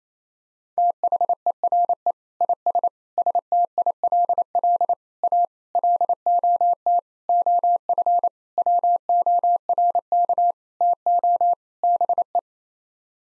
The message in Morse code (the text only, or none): THERE IS STILL A LOT OF WORK TO BE